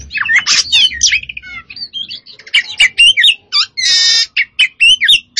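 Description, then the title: Oriental magpie-robin song mixing bright whistled notes, rising and falling slurs and a harsh rasping burst, delivered in rapid, varied phrases. Poci form, singing vigorously and continuously (gacor). "Kacer Poci Gacor"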